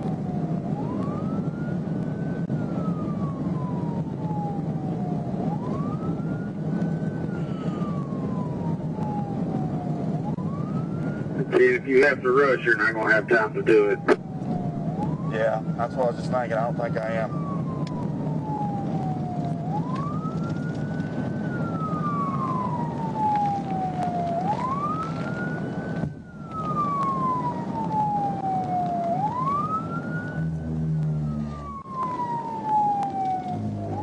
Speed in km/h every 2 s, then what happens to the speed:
164, 158, 159, 161, 163, 164, 161, 151, 147, 127, 109, 100, 98, 93, 82, 64, 45.
0-11 steady at about 161. 11-34 brakes to 45.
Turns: none.